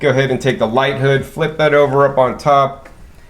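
A plastic light hood for an Aerogarden 7 LED indoor garden is flipped over and brought up onto the top of the adjustable light bar arm while someone talks. Nothing has seated or clicked yet; the clip ends just before the hood snaps into place.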